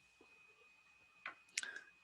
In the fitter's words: a lock switch and with my hand i'll rotate around until it clicks into place